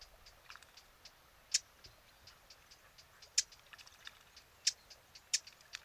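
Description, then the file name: Eurasian blackcap calls: a few loud, dry tacks at uneven intervals, mixed with many fainter ticking clicks and a low hiss. "Sylvia atricapilla"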